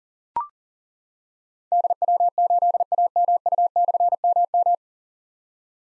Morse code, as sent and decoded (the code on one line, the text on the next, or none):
-.. .-- ---.. .- -- ..- -..-. -- --
DW8AMU/MM